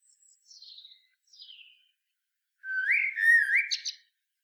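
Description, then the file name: Common blackbird giving two soft, thin descending notes, then a loud mellow whistled phrase rising and wavering before ending in a high chattering twitter. "Turdus merula"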